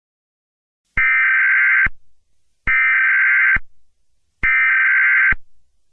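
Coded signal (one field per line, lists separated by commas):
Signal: Emergency Alert System (SAME) tones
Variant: header bursts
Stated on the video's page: Mock hurricane warning remake made with EAS maker software, not a real alert.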